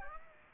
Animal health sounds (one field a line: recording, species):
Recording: mosquito wingbeat signal from an infrared sensor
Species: Aedes aegypti